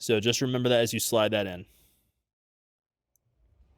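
On a 2012–2018 BMW F30 335i taillight bulb carrier, a crimped metal wire terminal is being slid into its slot in a plastic taillight connector housing, locking tang facing the top. Someone talks for the first 1.7 seconds, followed by near silence with only a very faint tick at 3.2 s and low rustling at the end. The terminal has not seated or clicked into the housing yet.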